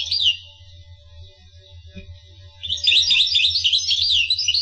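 Finch song: a brief high twitter at the start, quiet, then a fast run of repeated sweeping high notes, over a low hum.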